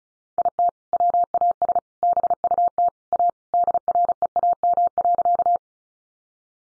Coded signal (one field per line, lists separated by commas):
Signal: Morse code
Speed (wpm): 34 wpm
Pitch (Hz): 700 Hz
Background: none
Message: IT WAS BUT A DREAM.